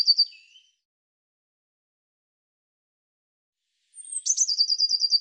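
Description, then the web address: Bird song: a brief high note sliding down, a long pause, then a thin high whistle followed by a fast, even trill of bright pulses. "birddata Deverinetal 2025 Bird Cy Ca"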